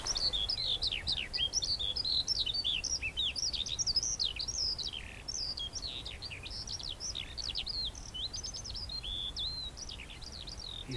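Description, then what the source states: Skylark song pouring out continuously, rapid high warbled and chirruping phrases with buzzy trills, sustained without pause over low wind noise. Male singing directly overhead and circling, possibly over his territory, holding level flight; north Cotswolds, Warwickshire, early spring, overcast day.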